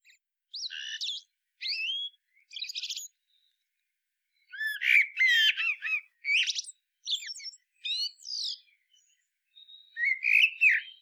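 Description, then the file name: Common blackbird giving short, high twittering notes spaced about a second apart, then a denser run of warbled and squeaky phrases. "Turdus merula"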